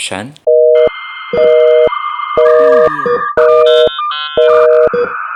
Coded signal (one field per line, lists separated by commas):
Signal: telephone call progress tone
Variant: North America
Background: speech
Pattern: busy tone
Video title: Blackpink HIDDEN BEEP SOUNDS 'HOW YOU LIKE THAT' Video Teaser Clip clues